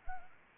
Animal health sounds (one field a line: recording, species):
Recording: mosquito wingbeat signal from an infrared sensor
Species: Anopheles arabiensis